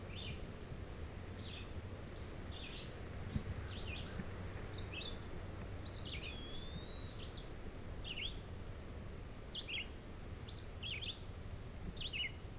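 Red-eyed vireo song: short slurred phrases, each rising or falling, repeated about every second, with a long smooth whistle from another bird midway and a steady low hum.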